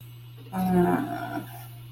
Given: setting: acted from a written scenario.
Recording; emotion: vocal sound without words; guilt